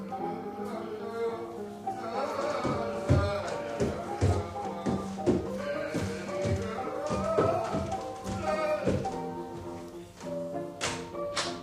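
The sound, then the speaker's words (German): A series of dull knocks from the floor above, a guest wanting his coffee, coming in an uneven rhythm of single and paired raps, heard over a busy, humming background with some voices. “Irgendwo klopft's hier, scheint von oben zu kommen.”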